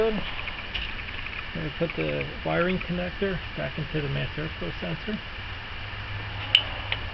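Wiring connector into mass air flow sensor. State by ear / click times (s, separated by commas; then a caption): seated / 6.6 s. A wiring connector is pushed back onto the mass air flow sensor of a 2000 Toyota Corolla while someone talks. It snaps in with a sharp click at 6.6 s, followed by a fainter click just after, and the connector is seated.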